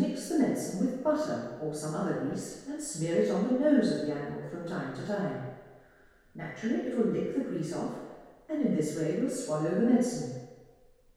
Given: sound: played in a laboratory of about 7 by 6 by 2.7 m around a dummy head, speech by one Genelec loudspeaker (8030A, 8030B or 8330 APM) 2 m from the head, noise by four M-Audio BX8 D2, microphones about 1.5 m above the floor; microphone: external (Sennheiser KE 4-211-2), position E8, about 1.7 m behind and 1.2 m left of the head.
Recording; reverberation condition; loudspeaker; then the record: female speech in English; high; 150 degrees to the right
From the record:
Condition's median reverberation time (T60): about 1300 ms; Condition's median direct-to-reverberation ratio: about -4.0 dB